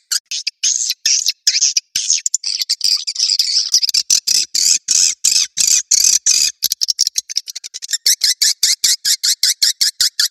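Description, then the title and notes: Swiftlet calls: high chirps packed into fast bursts, broken by short silences, then a quicker run of evenly spaced clipped chirps near the end. Swiftlet sound from Asia, used in swiftlet farming to attract birds. "Swiflet Bird Sound. Farming Swiflet Bird asia sound"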